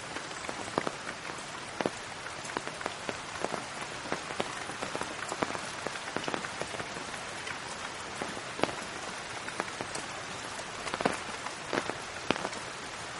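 Gentle rain patters steadily on a surface, with frequent sharp drips landing irregularly over a soft, constant hiss and no rumbling.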